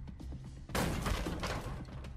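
A door being smashed open from outside: after a low, steady hum, a sudden heavy crash bursts in and rattles on for over a second as a loud, noisy clatter before fading back toward the hum.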